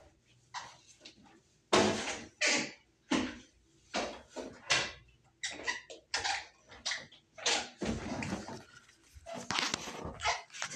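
Short bursts of spraying, wiping and rustling follow one another in quick, uneven succession, each lasting a fraction of a second to about a second. The hissy strokes come roughly every half second after a quiet opening, with faint low thumps between them.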